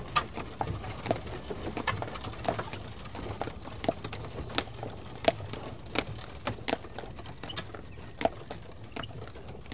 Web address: The BBC Sound Effects Library - Complete 60 CDs Collection Sound Effects Library (Horses # 2 and Dogs)